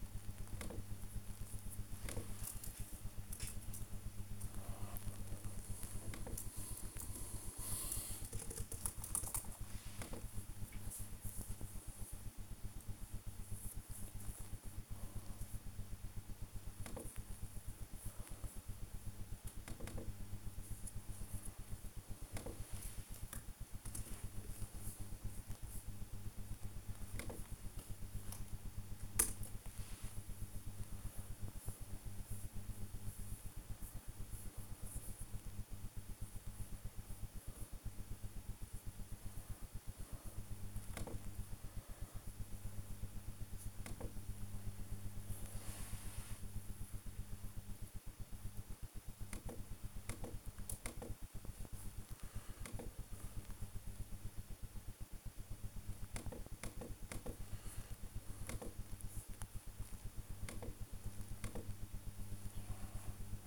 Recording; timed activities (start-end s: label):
household activities, microphone on the right wrist
0.00-5.71 s: working on the computer
9.73-63.47 s: working on the computer